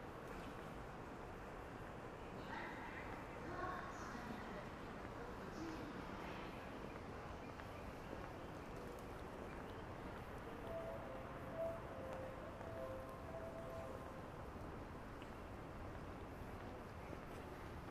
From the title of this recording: Akihabara,daytime